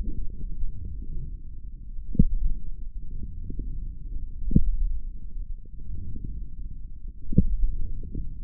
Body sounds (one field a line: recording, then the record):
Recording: forearm muscle sounds (acoustic myography)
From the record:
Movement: wrist flexion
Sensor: system 1, eight BSWA MPA416 microphones around the upper forearm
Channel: 5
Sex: male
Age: 18 years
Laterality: right